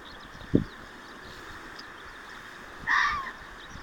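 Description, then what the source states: Fox producing one brief harsh bark near the end, preceded by a sharp isolated knock over steady low background hiss. Recorded 6 June 2024.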